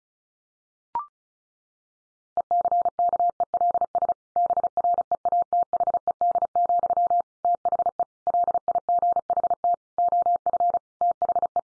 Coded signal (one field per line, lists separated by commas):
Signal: Morse code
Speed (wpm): 34 wpm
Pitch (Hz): 700 Hz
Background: none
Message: ECKELS BREATHED, THE LIGHT OF THE